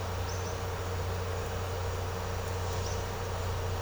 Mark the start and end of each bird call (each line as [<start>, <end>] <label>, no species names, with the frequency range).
[0.28, 0.51] bird call (4.1-7.0 kHz)
[2.83, 2.96] bird call (4.0-6.5 kHz)